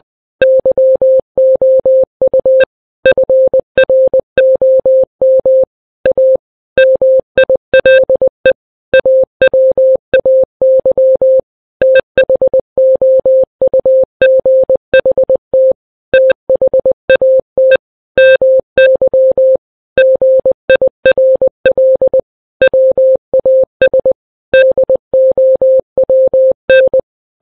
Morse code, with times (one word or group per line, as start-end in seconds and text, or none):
0.4-2.6 YOU
3.1-5.6 FROM
6.1-6.4 A
6.8-8.5 MILE
8.9-11.4 AWAY
11.8-15.7 THOUGHT
16.1-17.8 THAT
18.2-19.6 MY
20.0-22.2 GIRL
22.6-24.1 WAS
24.5-27.0 DOWN